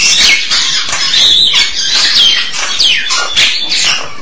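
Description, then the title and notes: Starling song of busy scratchy chatter mixed with thin rising and falling whistles, steady throughout. "suara burung jalak"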